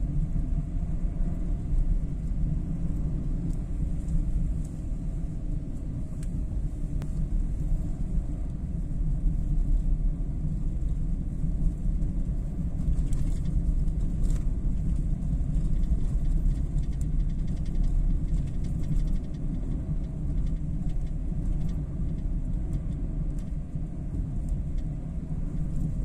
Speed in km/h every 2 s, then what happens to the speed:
56, 54, 51, 51, 49, 48, 49, 50, 52, 52, 53, 52, 53.
0-9 slows to 48. 9-26 steady at about 52.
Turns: none.